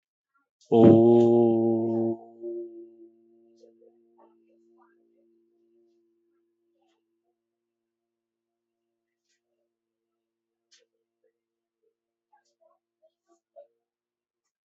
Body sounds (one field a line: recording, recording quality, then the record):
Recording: sustained vowel as in boot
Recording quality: excellent, no background noise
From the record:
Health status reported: healthy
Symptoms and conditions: diabetes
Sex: male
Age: 42 years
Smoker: not ticked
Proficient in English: yes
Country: India